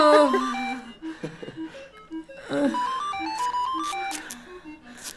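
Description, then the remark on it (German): A telephone rings with a melodic electronic tune, a bright jingle of short stepped notes rising and falling, interrupted briefly by a couple of rough, noisy bursts. “Mach schon, geh ran.”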